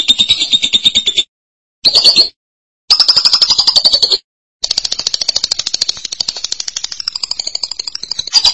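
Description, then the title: Lovebird chattering: short high trilled bursts separated by pauses, then a longer continuous buzzy trill that wavers slightly in pitch. "BM Suara Burung Lovebird"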